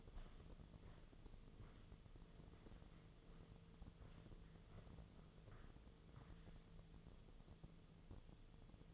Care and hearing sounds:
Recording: daily activity, microphone in the room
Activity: walk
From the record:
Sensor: 4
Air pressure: 1006.2 hPa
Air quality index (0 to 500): 86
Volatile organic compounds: 2 ppm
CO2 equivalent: 1058 ppm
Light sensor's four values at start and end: 12/27/11/10 and 12/27/11/10

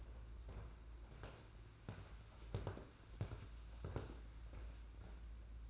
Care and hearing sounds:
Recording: daily activity, microphone in the room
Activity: walk to room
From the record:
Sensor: 2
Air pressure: 991.9 hPa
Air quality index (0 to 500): 231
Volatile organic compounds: 1000 ppm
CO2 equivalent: 7773 ppm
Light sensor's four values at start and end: 18/58/22/21 and 15/46/18/17

